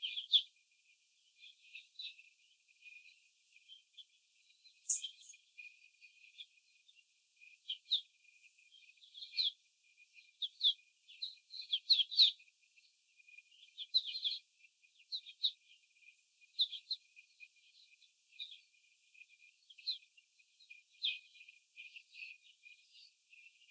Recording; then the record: young laying hens in a cage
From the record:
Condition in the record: after the stressor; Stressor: simulated dog barking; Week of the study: 4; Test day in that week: 3